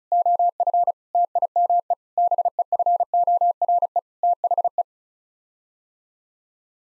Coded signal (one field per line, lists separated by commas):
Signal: Morse code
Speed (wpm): 34 wpm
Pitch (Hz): 700 Hz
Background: none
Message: OF TIME BEFORE THE